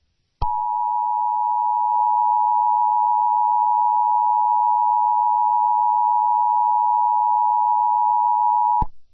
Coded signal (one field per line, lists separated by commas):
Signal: Emergency Alert System (SAME) tones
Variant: 853 and 960 Hz attention tone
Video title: Aphmau The Killer [An EAS Scenario]